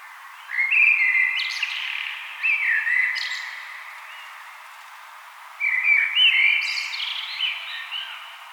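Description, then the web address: Common blackbird song with rich, low whistled warbles that end in squeaky high trills, three phrases with a long pause before the last. "vogelstimmen amsel gesang nabu lars lachmann"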